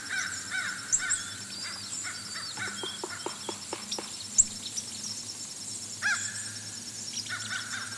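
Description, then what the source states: Fish crows giving short nasal caws at intervals, with a run of sharp taps and a constant high insect buzz. Fish crows on the Outer Banks becoming inquisitive and calling to each other, with insects calling and woodpeckers foraging nearby.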